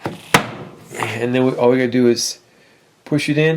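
A PEX pipe, already locked into its fitting, is handled at the plastic port connector of a Viega Manabloc PEX manifold being installed to repipe a house; it has not yet been pushed into the port. Two short, sharp handling knocks occur at about 0.1 s and 0.4 s while someone talks. Nothing has seated or clicked yet.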